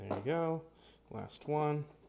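Someone talks while handling the last plastic push pin of a CPU cooler (heat sink) over its motherboard mounting hole in a Pentium G3258 mini ITX build. No click is heard, and the pin has not yet seated or clicked into place.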